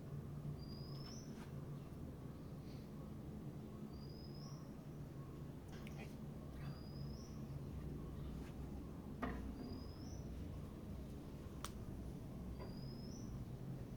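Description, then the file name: Tytler's leaf warbler giving a thin, high upslurred call repeated several times every few seconds, over steady low rumbling background noise. Recorded 28 January 2023, about 10:20. "Tytlers warbler 20230128"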